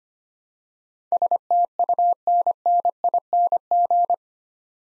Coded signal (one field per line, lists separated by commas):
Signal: Morse code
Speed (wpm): 25 wpm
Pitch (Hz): 700 Hz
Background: none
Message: STUNNING